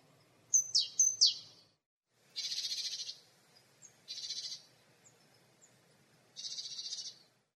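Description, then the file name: Great tit calls: a few sharp high notes sweeping down, followed by three harsh buzzy churring bursts spaced about two seconds apart. "Parus major"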